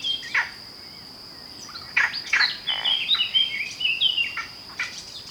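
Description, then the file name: Eurasian blackcap giving a short call, then a rich, varied warble of bright whistled notes lasting about three seconds, with a continuous high whine behind. "Sylvia atricapilla"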